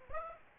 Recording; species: mosquito wingbeat signal from an infrared sensor; Aedes aegypti